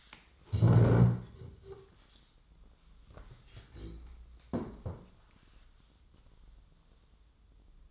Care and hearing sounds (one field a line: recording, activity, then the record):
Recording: daily activity, microphone in the room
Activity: stand up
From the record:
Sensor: 3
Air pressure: 1005.1 hPa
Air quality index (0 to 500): 93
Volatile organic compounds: 3 ppm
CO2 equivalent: 1449 ppm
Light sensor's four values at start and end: 10/22/9/9 and 8/18/8/8